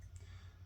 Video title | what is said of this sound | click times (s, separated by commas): YSL Y edp Garage Goons review! | It does click into place, which is nice, but I wouldn't recommend holding it by the cap. | 0.2 s